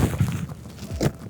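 An infant car seat base's lower anchor connector is pushed between the vehicle seat cushions toward the lower anchor bar, making soft handling rustles and dull thumps around 0.3, 0.5 and 1.0 s. Nothing has seated or clicked yet.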